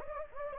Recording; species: mosquito wingbeat signal from an infrared sensor; Anopheles gambiae